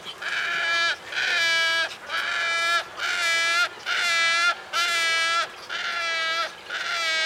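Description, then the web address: Wood stork giving a steady series of nasal, strongly harmonic calls, each lasting about a second, with brief pauses between them. "sound Wood-stork. صدای-لک-لک-جنگلی"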